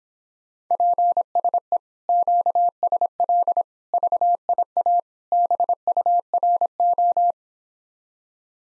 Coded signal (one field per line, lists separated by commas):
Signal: Morse code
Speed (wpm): 26 wpm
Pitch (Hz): 700 Hz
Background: none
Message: PSE QSL VIA BURO